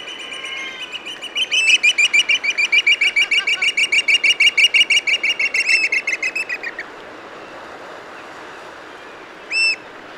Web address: cantos ostreronegro